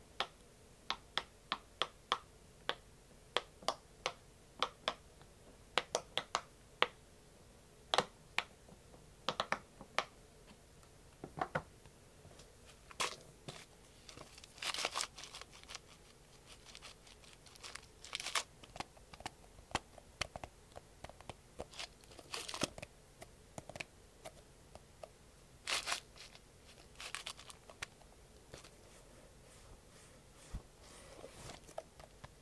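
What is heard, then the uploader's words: Slow, gentle triggers: a steady scatter of soft taps, clicks and snaps, with brief crinkling, crackling bursts around the middle and near 26 seconds. The sounds are crisp and bright, separated by near silence. 𝙰𝚂𝙼𝚁 || 𝚜𝚕𝚘𝚠 𝚊𝚗𝚍 𝚐𝚎𝚗𝚝𝚕𝚎 𝚝𝚛𝚒𝚐𝚐𝚎𝚛𝚜.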